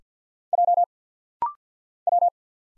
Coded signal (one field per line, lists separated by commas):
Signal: Morse code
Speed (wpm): 50 wpm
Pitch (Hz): 700 Hz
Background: none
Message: J W